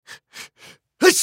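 Three short, soft breathy intakes build up before one loud, explosive burst: a single sneeze from a fifty-year-old man.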